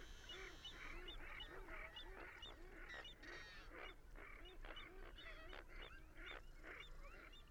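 Birds honking in a chorus, many short nasal notes with many callers overlapping over a low hum.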